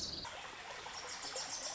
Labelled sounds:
Wilson's Warbler (Cardellina pusilla)

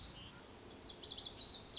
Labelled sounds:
Lazuli Bunting (Passerina amoena)

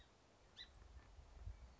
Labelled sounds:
Song Sparrow (Melospiza melodia)

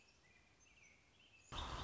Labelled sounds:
American Robin (Turdus migratorius)

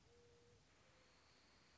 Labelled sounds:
Mourning Dove (Zenaida macroura)

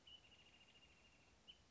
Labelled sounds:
Wrentit (Chamaea fasciata)

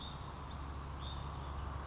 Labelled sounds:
Hutton's Vireo (Vireo huttoni)

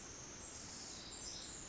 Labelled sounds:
Pacific Wren (Troglodytes pacificus)

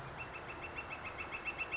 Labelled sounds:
Northern Flicker (Colaptes auratus)

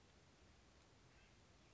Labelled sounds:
Acorn Woodpecker (Melanerpes formicivorus)

